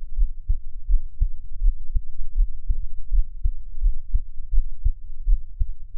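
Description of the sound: A close-up adult heartbeat: low, muffled thumps repeating, with no talking.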